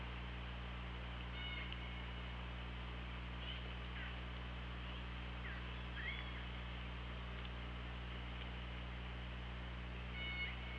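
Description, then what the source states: Killer whale calls repeated throughout, short bending squeals and downward sweeps every couple of seconds, with a steady low hum beneath. OrcaLab hydrophone, 24 August 2017, 18:52.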